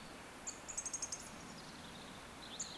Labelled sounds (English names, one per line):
Eurasian Woodcock whistle